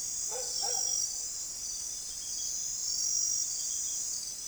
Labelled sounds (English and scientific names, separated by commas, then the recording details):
none
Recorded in forest near Pivijay, Magdalena, Colombia, on 5 June 2023 at 01:30
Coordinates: 10.467, -74.380
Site Z5-G034